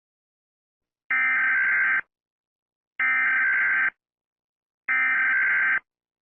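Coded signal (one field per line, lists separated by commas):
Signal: Emergency Alert System (SAME) tones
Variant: header bursts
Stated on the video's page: Fictional EAS scenario for a made-up hurricane.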